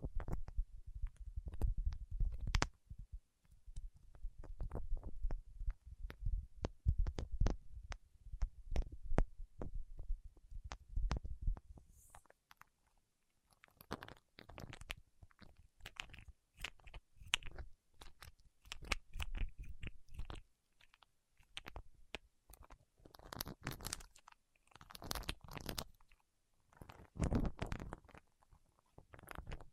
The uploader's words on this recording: ASMR with Wax Fingertips for Sleep (No Talking).